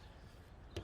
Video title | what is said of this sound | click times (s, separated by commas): toyota prius fuel pump replacement | we'll just go ahead and clip that right in | 0.8 s